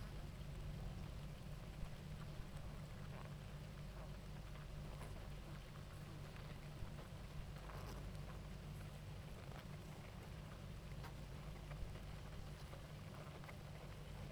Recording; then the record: honeybee colony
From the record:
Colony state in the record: active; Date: 28 July 2017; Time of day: 18:50